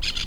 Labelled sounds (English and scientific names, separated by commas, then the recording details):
Brown-throated Parakeet (Eupsittula pertinax) contact call
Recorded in La Tortuga
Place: Isla La Tortuga
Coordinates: 10.925, -65.258